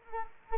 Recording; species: mosquito wingbeat signal from an infrared sensor; Culex quinquefasciatus